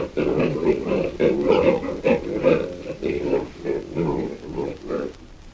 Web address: hamadryas baboon